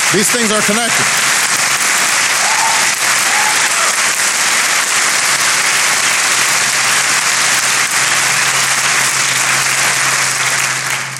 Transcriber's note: applause